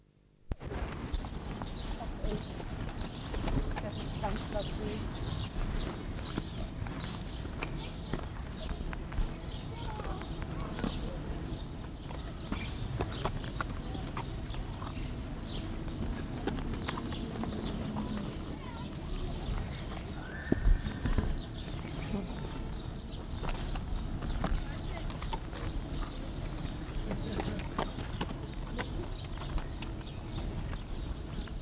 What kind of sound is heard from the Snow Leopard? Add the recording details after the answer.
defence call. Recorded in captivity. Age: adult. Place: Zoo Dresden, Sachsen, DE. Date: 1960-07-18 19:30. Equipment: Reporter, Vollspur. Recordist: Tembrock, Günter